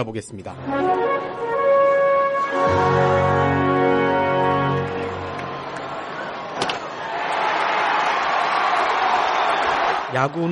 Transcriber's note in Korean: 녹취: 야구장 관중 함성